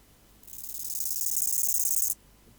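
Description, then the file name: Bow-winged grasshopper song: a single dry, hissing buzz of rapid pulses lasting under two seconds, swelling slightly before stopping abruptly. "Chorthippus biguttulus"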